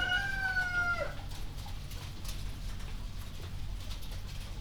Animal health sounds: poultry house recording; healthy chickens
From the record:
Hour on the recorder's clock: 1

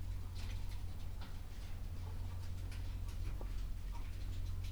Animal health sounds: poultry house recording; sick chickens (respiratory disease)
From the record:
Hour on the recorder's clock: 11

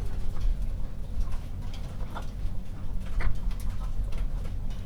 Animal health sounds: poultry house recording; sick chickens (respiratory disease)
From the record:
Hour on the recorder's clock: 0

